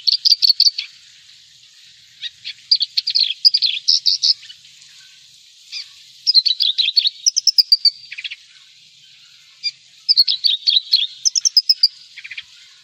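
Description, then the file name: Javan bush lark song, rapid chattering phrases of high notes and trills in several bursts, with quiet stretches between them. "suara burung branjangan jawa"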